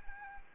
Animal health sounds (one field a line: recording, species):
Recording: mosquito wingbeat signal from an infrared sensor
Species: Anopheles arabiensis